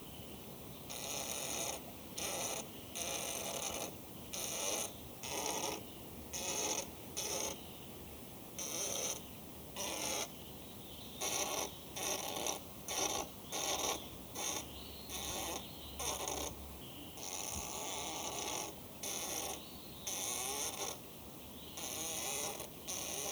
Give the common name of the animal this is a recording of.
Western Gorilla